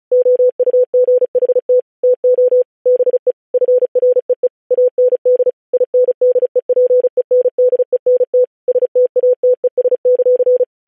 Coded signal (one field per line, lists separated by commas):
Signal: Morse code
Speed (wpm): 36 wpm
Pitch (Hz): 500 Hz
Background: none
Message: OUGHT TO BE FREE AND INDEPENDENT STATES;